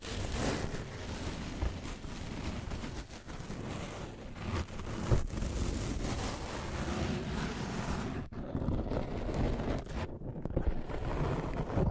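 Scratching and tracing go on without pause: a dense, rough rubbing that is heaviest in the low range, with sharper strokes standing out near 3, 4 and 5 seconds. After 8 seconds the hissy top thins out, briefly dropping away around 10 seconds.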